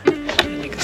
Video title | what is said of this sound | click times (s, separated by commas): 2025 Honda Civic 2 0 Engine & Cabin Air Filter Replacement EASY DIY | you can see where that just pops on there. | 0.4 s